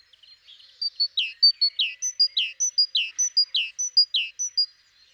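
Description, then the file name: Great tit giving a steady, rapid series of paired high notes, a sharp tick then a dropping slur, repeated about twice a second. "Parus major"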